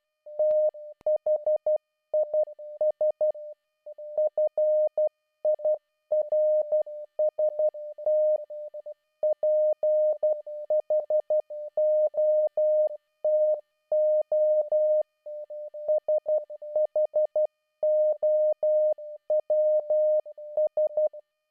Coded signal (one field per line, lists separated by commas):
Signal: Morse code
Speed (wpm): 12 wpm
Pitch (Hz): 610 Hz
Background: none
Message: THIS FIRST PHOTO SHOWS